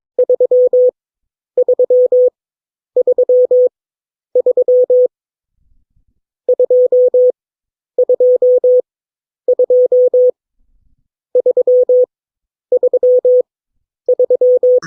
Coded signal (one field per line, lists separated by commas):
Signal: Morse code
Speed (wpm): 22 wpm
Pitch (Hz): 500 Hz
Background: none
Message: 3 3 3 3 2 2 2 3 3 3